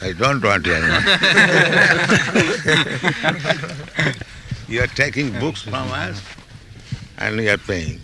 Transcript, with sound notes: I don't want your money. [laughter] You are taking books from us, and you are paying.